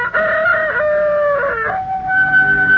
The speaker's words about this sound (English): Still, whatever doubts and fears he may have taken to bed with him, they are all dispelled by a glorious sunrise that wakes him up with cockcrow.